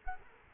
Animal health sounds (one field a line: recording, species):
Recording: mosquito wingbeat signal from an infrared sensor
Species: Culex quinquefasciatus